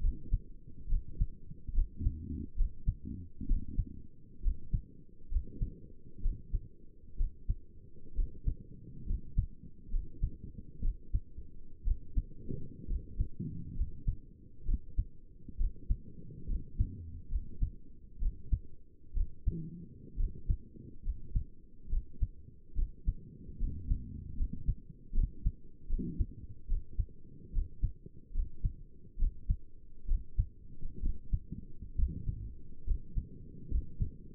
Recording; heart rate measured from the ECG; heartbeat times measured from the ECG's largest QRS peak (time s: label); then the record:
heart sounds by stethoscope; 68 bpm
0.02 s: heartbeat
0.90 s: heartbeat
1.75 s: heartbeat
2.58 s: heartbeat
3.49 s: heartbeat
4.44 s: heartbeat
5.32 s: heartbeat
6.23 s: heartbeat
7.18 s: heartbeat
8.16 s: heartbeat
9.07 s: heartbeat
9.92 s: heartbeat
10.83 s: heartbeat
11.86 s: heartbeat
12.89 s: heartbeat
13.76 s: heartbeat
14.66 s: heartbeat
15.58 s: heartbeat
16.48 s: heartbeat
17.31 s: heartbeat
18.20 s: heartbeat
19.15 s: heartbeat
20.18 s: heartbeat
21.04 s: heartbeat
21.90 s: heartbeat
22.76 s: heartbeat
23.60 s: heartbeat
24.38 s: heartbeat
25.15 s: heartbeat
25.90 s: heartbeat
26.69 s: heartbeat
27.54 s: heartbeat
28.35 s: heartbeat
29.20 s: heartbeat
30.08 s: heartbeat
31.03 s: heartbeat
31.98 s: heartbeat
32.87 s: heartbeat
33.71 s: heartbeat
From the record:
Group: healthy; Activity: rest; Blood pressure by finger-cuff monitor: 79/55 mmHg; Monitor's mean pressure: 65 mmHg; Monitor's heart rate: 68 bpm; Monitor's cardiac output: 5.9 L/min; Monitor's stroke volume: 89 mL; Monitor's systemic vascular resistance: 780 dyn s/cm5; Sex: male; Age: 22 years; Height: 181 cm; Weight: 79 kg